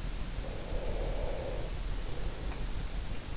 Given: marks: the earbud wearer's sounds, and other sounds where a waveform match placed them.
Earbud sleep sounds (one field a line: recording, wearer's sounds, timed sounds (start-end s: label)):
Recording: sounds in sleep by an in-ear microphone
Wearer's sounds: breath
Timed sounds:
0.66-3.12 s: breath